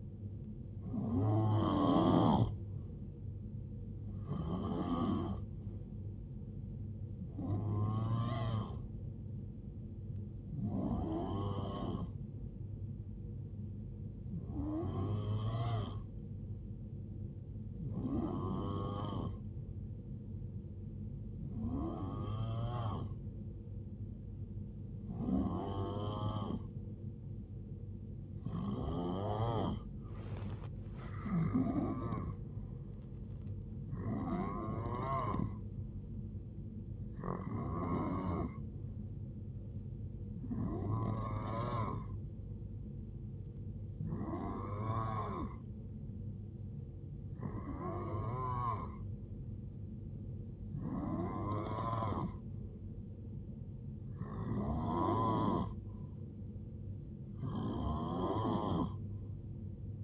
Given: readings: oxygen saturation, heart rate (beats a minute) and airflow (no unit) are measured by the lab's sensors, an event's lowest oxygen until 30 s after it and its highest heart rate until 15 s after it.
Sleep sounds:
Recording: breathing in sleep by a smartphone at the bedside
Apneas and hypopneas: 1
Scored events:
16.00-32.20 s: hypopnea (N3, oxygen 91% highest, then 89% lowest, heart rate 73 at the start, 81 highest)
22.00-60.03 s: new sleep stage, N2 (light sleep)
From the record:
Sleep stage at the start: N3 (deep sleep)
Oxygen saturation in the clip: 89 to 91%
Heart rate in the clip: 69 to 81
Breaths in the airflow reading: 18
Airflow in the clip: -10.0 to 5.3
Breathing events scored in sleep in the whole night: 389 in 6.3 hours asleep

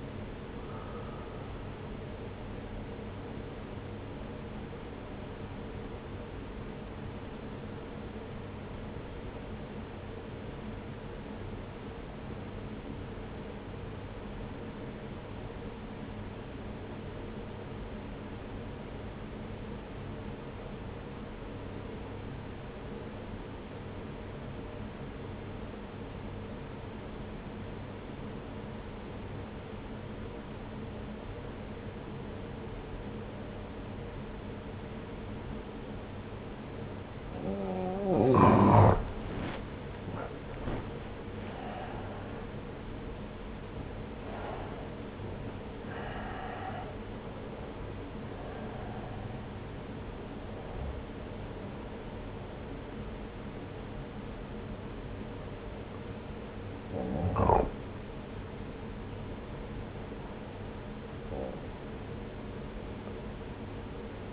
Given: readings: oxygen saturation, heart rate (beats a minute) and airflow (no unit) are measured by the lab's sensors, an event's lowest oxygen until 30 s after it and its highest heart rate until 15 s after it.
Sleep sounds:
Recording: breathing in sleep by a voice recorder at the bedside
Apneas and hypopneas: 1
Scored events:
5.00-38.80 s: obstructive apnea (N2, oxygen 94% highest, then 83% lowest)
36.00-64.33 s: new sleep stage, N1 (lightest sleep)
From the record:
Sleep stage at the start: N2 (light sleep)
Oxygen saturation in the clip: 84 to 94%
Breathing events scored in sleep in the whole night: 303 in 8.1 hours asleep

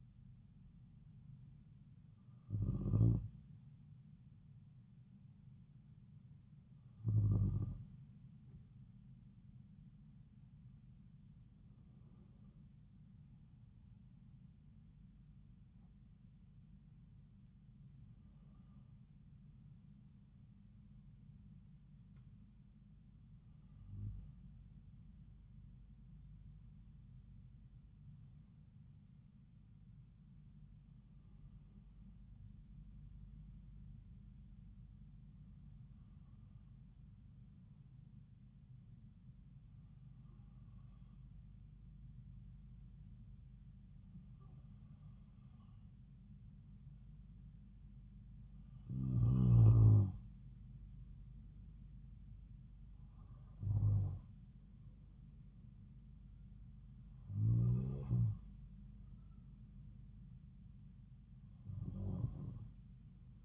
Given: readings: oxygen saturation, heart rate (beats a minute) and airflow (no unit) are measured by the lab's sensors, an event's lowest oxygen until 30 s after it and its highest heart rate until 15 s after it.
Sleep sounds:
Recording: breathing in sleep by a smartphone at the bedside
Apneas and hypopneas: 1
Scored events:
12.00-51.30 s: hypopnea (N2, oxygen 96% highest, then 93% lowest)
From the record:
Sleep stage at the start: N2 (light sleep)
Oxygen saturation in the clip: 93 to 96%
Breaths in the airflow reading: 14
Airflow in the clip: -3.6 to 5.0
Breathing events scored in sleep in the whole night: 270 in 6.1 hours asleep

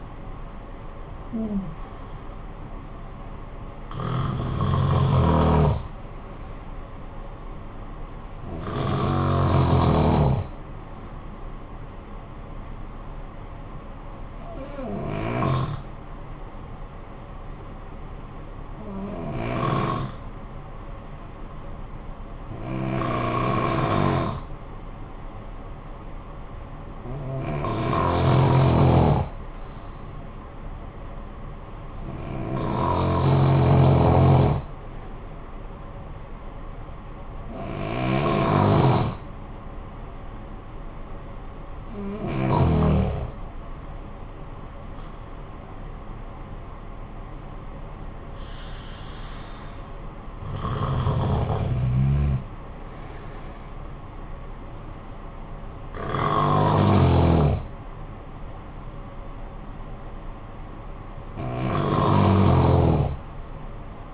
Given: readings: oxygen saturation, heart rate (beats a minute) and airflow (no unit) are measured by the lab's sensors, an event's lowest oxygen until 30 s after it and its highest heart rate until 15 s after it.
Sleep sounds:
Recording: breathing in sleep by a smartphone at the bedside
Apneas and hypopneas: 1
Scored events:
18.00-35.80 s: hypopnea (N2, oxygen 95% highest, then 88% lowest, heart rate 54 at the start, 73 highest)
43.00-64.14 s: new sleep stage, REM sleep
From the record:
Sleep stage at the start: N2 (light sleep)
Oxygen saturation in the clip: 88 to 95%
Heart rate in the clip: 51 to 73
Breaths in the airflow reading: 13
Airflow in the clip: -12.9 to 10.0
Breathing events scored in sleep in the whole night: 445 in 7.6 hours asleep

